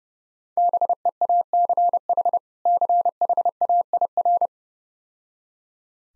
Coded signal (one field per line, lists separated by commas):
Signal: Morse code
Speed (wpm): 32 wpm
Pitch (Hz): 700 Hz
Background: none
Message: BEACH CHAIR